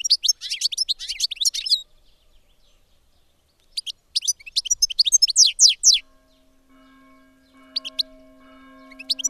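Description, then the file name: European goldfinch delivering fast tinkling twitter phrases in two bursts, then a few sparse notes as a low steady hum appears. "tengelic"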